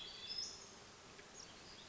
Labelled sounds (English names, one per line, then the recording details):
Hermit Thrush
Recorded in Sonoma County, California